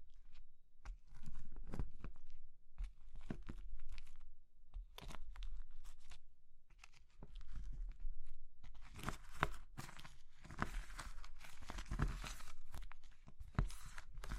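Crushing of brittle materials like soap, chalk, meringue and pastel, heard as crisp crunches and crumbling snaps. Sharp cracks come irregularly in the first half, then the crushing grows denser and grittier after about nine seconds, with a low rumble beneath.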